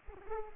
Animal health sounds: mosquito wingbeat signal from an infrared sensor; Culex pipiens

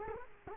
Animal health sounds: mosquito wingbeat signal from an infrared sensor; Culex quinquefasciatus

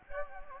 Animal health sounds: mosquito wingbeat signal from an infrared sensor; Anopheles gambiae

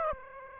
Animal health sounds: mosquito wingbeat signal from an infrared sensor; Aedes aegypti

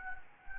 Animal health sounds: mosquito wingbeat signal from an infrared sensor; Anopheles gambiae

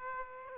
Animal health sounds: mosquito wingbeat signal from an infrared sensor; Aedes aegypti

